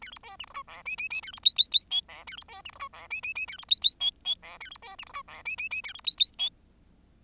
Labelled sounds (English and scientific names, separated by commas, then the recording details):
Bengalese Finch (Lonchura striata domestica) song
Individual Bird10